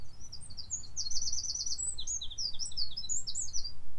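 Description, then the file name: Eurasian wren song: a rapid, high-pitched run of sharp trilled notes and chattering bursts, tumbling continuously for about four seconds over a low rumble of background noise. "Troglodytes troglodytes"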